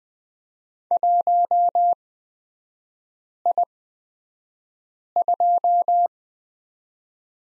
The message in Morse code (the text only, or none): 1I2